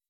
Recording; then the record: hydrophone in a shrimp aquaculture tank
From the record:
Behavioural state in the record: weakened